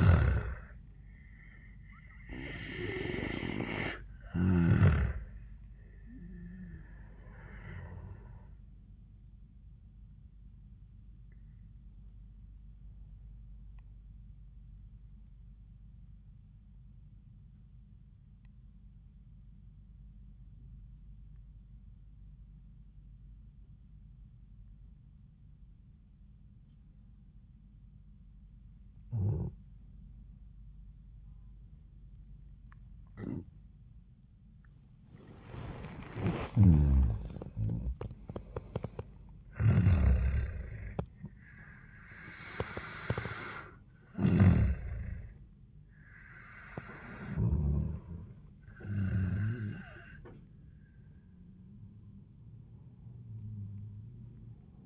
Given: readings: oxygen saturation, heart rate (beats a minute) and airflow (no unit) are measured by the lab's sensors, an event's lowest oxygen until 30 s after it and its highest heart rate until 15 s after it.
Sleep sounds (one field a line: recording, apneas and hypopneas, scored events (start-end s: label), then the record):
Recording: breathing in sleep by a smartphone at the bedside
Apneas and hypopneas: 1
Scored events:
6.00-54.86 s: new sleep stage, N1 (lightest sleep)
14.00-34.30 s: obstructive apnea (N1, oxygen 97% highest, then 85% lowest)
From the record:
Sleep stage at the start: N2 (light sleep)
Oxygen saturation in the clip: 85 to 97%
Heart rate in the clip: 75 to 88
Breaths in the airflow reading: 5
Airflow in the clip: -8.8 to 8.0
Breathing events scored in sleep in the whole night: 400 in 8.7 hours asleep